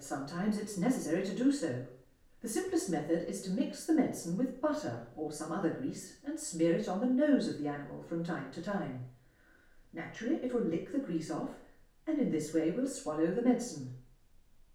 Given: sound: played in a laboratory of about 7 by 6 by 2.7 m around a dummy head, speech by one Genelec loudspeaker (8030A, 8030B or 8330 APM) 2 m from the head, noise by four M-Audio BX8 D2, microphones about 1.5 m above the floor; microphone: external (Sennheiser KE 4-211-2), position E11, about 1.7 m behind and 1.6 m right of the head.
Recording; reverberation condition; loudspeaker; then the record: female speech in English; medium; 60 degrees to the right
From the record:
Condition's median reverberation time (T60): about 510 ms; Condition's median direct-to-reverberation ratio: about -0.5 dB